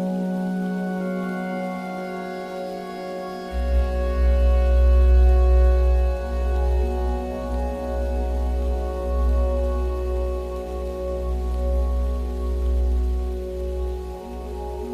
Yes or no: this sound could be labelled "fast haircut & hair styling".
no